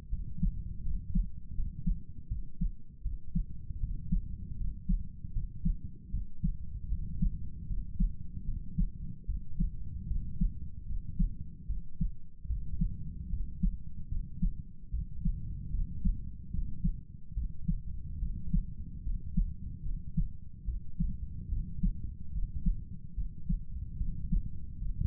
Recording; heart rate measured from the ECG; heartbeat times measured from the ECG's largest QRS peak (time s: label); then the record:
heart sounds by stethoscope; 75 bpm
0.10 s: heartbeat
0.83 s: heartbeat
1.55 s: heartbeat
2.28 s: heartbeat
3.03 s: heartbeat
3.80 s: heartbeat
4.57 s: heartbeat
5.33 s: heartbeat
6.11 s: heartbeat
6.89 s: heartbeat
7.67 s: heartbeat
8.45 s: heartbeat
9.26 s: heartbeat
10.07 s: heartbeat
10.86 s: heartbeat
11.67 s: heartbeat
12.47 s: heartbeat
13.30 s: heartbeat
14.09 s: heartbeat
14.91 s: heartbeat
15.71 s: heartbeat
16.51 s: heartbeat
17.34 s: heartbeat
18.19 s: heartbeat
19.04 s: heartbeat
19.83 s: heartbeat
20.65 s: heartbeat
21.49 s: heartbeat
22.32 s: heartbeat
23.15 s: heartbeat
23.98 s: heartbeat
24.79 s: heartbeat
From the record:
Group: healthy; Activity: rest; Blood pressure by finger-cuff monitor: 107/62 mmHg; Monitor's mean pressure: 75 mmHg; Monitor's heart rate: 75 bpm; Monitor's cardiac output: 7.3 L/min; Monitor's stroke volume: 98 mL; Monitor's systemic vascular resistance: 730 dyn s/cm5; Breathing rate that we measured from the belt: 20 breaths a minute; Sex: male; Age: 35 years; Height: 180 cm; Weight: 86.9 kg